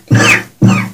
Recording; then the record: coughing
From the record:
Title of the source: Cough Around the Clock!